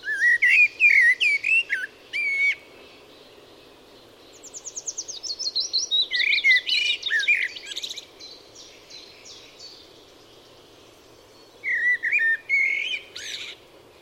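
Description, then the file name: Eurasian blackbird song: mellow fluted warbles ending in squeaky high twitters, in three bursts separated by pauses. "Turdus merula"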